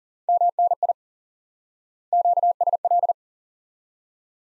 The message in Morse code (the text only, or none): MNI QSL